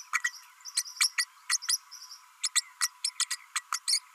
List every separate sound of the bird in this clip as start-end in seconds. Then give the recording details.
0.13-0.22, 0.24-0.32, 0.75-0.83, 1.00-1.07, 1.18-1.25, 1.49-1.58, 1.68-1.77, 2.43-2.48, 2.55-2.61, 2.80-2.89, 3.04-3.10, 3.19-3.25, 3.30-3.37, 3.55-3.62, 3.73-3.79, 3.87-3.99. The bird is a female. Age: 32 days. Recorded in a nest box in Venezuela. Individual 17B32A5